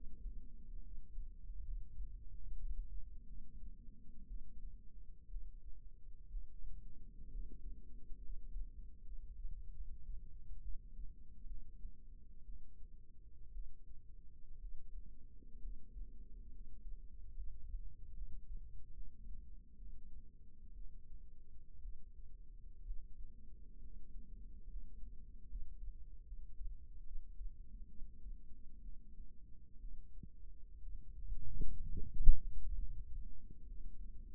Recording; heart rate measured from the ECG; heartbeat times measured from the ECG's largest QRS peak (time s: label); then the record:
heart sounds by microphone in the right ear; 66 bpm
0.81 s: heartbeat
1.63 s: heartbeat
2.55 s: heartbeat
3.25 s: heartbeat
4.26 s: heartbeat
5.27 s: heartbeat
6.28 s: heartbeat
7.29 s: heartbeat
8.20 s: heartbeat
9.03 s: heartbeat
9.71 s: heartbeat
10.60 s: heartbeat
11.46 s: heartbeat
12.44 s: heartbeat
13.51 s: heartbeat
14.58 s: heartbeat
15.59 s: heartbeat
16.50 s: heartbeat
17.33 s: heartbeat
18.12 s: heartbeat
18.92 s: heartbeat
19.77 s: heartbeat
20.73 s: heartbeat
21.79 s: heartbeat
22.81 s: heartbeat
23.79 s: heartbeat
24.66 s: heartbeat
25.46 s: heartbeat
26.24 s: heartbeat
27.02 s: heartbeat
27.86 s: heartbeat
28.80 s: heartbeat
29.79 s: heartbeat
30.79 s: heartbeat
31.77 s: heartbeat
32.71 s: heartbeat
33.64 s: heartbeat
From the record:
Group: healthy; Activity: rest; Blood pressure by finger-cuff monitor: 140/66 mmHg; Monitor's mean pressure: 89 mmHg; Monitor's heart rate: 64 bpm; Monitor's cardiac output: 6.5 L/min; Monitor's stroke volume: 102 mL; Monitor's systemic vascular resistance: 1000 dyn s/cm5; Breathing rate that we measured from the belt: 7 breaths a minute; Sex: female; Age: 37 years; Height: 168 cm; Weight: 70 kg